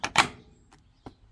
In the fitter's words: snap into place uh and there it is it's in place